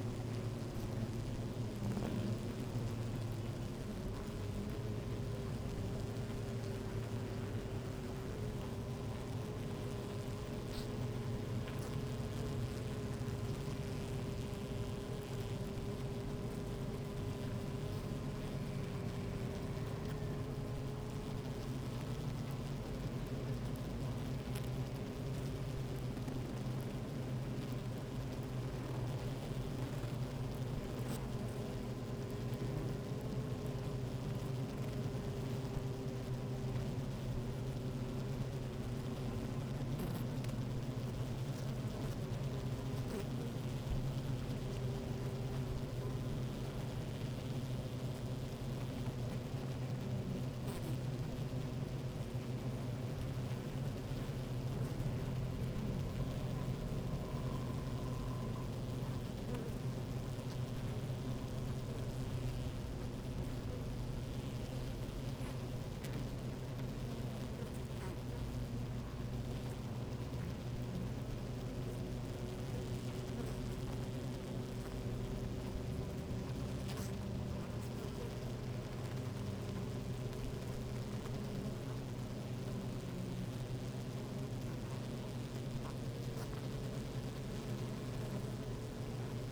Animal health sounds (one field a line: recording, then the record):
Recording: honeybee colony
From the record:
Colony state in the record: active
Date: 28 July 2017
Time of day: 12:06